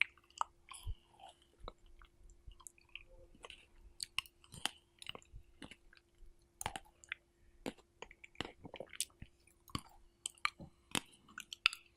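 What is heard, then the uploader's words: Strawberry eating sounds: wet, crisp chewing and biting clicks come in quick irregular bursts, roughly two or three per second, throughout the twelve seconds. A faint steady hum sits underneath, with soft low rumbles between bites. Strawberry Eating Sounds (and breathing sounds).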